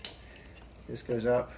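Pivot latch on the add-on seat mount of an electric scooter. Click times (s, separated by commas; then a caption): 0.1 s. The metal pivot latch on the add-on seat mount of an EVOLV Tour 2.0 / Tour XL electric scooter is pinched and swung, and it locks into place with a sharp click at 0.1 s. After a quiet stretch, someone talks briefly near the end.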